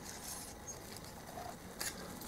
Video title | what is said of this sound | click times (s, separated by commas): Pit bike gearbox strip down. Taking apart a pitbike gearbox | There we go. Make sure it goes into the groove. Nice positive click | 1.8 s